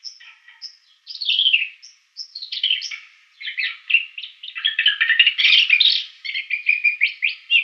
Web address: Schulze Peter Isabelline Shrike song